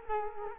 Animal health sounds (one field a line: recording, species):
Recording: mosquito wingbeat signal from an infrared sensor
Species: Culex quinquefasciatus